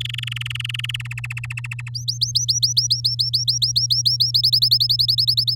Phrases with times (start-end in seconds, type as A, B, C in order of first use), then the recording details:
0.00-1.07 A, 1.10-1.89 B, 1.94-4.31 C, 4.34-5.55 D. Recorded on 10 May 2018 at 13:18. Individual llb16